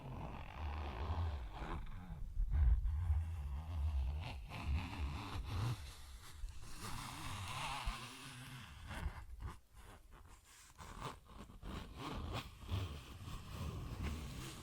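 Tapping and scratching sounds come in uneven bursts, with sharp clicks and taps scattered throughout and a few dense clusters near ten seconds. A rough scraping texture runs underneath, alongside a low rumbling hum, and a brief zipper-like rasp appears early on.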